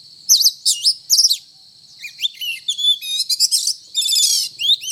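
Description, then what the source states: Oriental magpie-robin singing looping whistled phrases, then a rapid mix of rising whistles, fast repeated notes and a harsh burst, with a steady high tone behind. Indonesian local name kacer; described as gacor, actively and vigorously singing.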